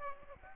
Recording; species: mosquito wingbeat signal from an infrared sensor; Aedes aegypti